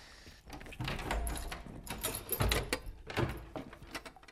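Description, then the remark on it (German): A cave door that does not sit properly on its hinges is worked open with a run of creaks, rattles and heavy clunks, the scraping and knocking coming in uneven bursts over a few seconds. “Außerdem passt die Tür nicht 100%ig in die Angel.”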